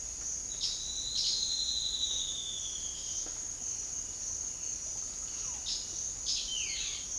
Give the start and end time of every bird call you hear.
0.52s-3.26s: White-browed Antbird (2.6-4.6 kHz)
0.62s-1.34s: unidentified bird (2.3-5.9 kHz)
5.66s-6.47s: unidentified bird (1.7-6.0 kHz)
6.47s-7.04s: White-cheeked Antbird (1.6-5.1 kHz)

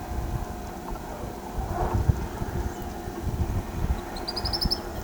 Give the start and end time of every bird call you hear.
3.97s-4.77s: Tropical Kingbird (3.3-10.8 kHz)

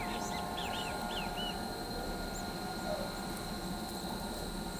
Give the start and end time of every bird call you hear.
0.32s-1.52s: Great Kiskadee (1.7-4.3 kHz)

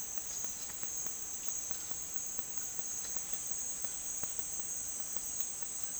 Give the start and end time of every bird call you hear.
0.00s-5.99s: White-throated Toucan (1.0-2.0 kHz)

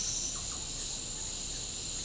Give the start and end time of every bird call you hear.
0.31s-0.62s: Russet-backed Oropendola (0.4-1.9 kHz)

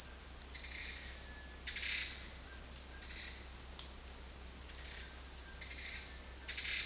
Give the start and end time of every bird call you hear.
1.23s-1.66s: Cinereous Tinamou (1.0-2.0 kHz)

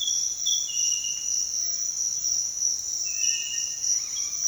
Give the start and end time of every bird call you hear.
3.20s-3.86s: Cinereous Tinamou (1.3-2.3 kHz)

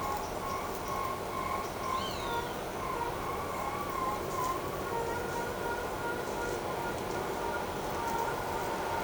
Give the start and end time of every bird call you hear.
1.95s-2.55s: Roadside Hawk (1.9-8.2 kHz)

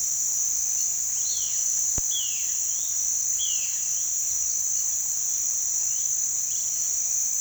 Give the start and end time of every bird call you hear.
1.24s-3.76s: Violaceous Jay (1.9-4.7 kHz)
6.41s-6.79s: Tropical Kingbird (2.7-3.7 kHz)

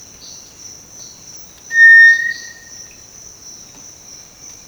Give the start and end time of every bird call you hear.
1.68s-2.98s: Cinereous Tinamou (1.3-2.5 kHz)

